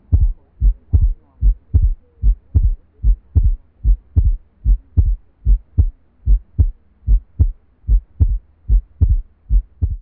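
Heart sounds from an adult, heard through a stethoscope: a steady, regular, low-pitched beat at about 74 per minute.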